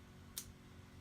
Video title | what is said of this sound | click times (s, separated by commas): Review: Chapman 104 Bit Modular Storage Case + A Bit Ratchet Shootout | it locks into place and then also the thumb wheels on the bit you | 0.4 s